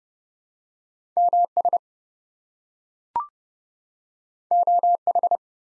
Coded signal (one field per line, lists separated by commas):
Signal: Morse code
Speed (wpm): 28 wpm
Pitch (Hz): 700 Hz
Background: none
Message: MS OH